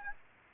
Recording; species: mosquito wingbeat signal from an infrared sensor; Aedes aegypti